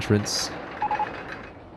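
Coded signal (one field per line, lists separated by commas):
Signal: none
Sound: a game's beeps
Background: speech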